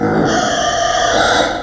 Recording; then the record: squeal of a Yucatan mini pig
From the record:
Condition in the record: before surgery on the right vocal fold (resection and tissue-engineered implant); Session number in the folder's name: 3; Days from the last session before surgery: 0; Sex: female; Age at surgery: 19 weeks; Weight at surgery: 25 kg